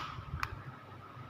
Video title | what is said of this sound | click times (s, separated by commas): เทคนิคง่ายๆ ลดความเสี่ยง จอแตก?? samsung j700 ได้ผล100% | เรียบร้อยแน่มันจะดังแก๊กๆแล้ว | 0.4 s